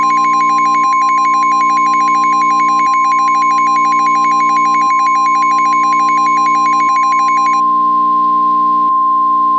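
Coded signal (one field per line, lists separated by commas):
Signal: Emergency Alert System (SAME) tones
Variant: 1050 Hz attention tone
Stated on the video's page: Fictional EAS scenario about a huge tornado in Florida.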